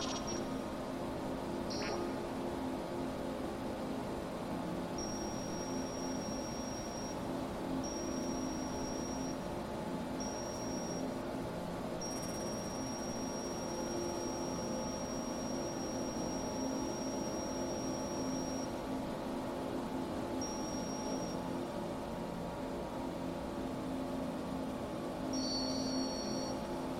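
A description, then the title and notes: A hyperspace sleep chamber hum: a dense, unbroken bed of low rumble and steady hiss with many fixed tones layered through it. A thin high whine switches on and off in long stretches, with short bright blips near the start and end. The Ambient Spaceship Soundscape.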